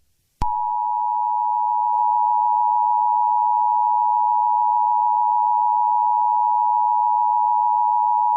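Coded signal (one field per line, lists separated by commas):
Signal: Emergency Alert System (SAME) tones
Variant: 853 and 960 Hz attention tone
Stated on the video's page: Fictional corruption EAS scenario with glitch effects, simulated rather than a real broadcast.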